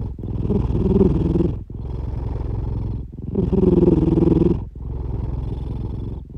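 A low, rattling, purr-like flutter runs through both the in-breath and the out-breath, in a steady cycle of about 20 breaths a minute. It is the snoring of a sleeping brown tabby cat called 'Big Brother', heard in everyday life.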